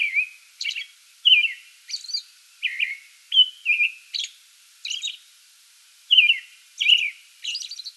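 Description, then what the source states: American robin song: clear caroled phrases mixed with thin high squeaky notes, delivered in a steady series of short bursts with brief pauses. Song bout recorded 8 May 2022.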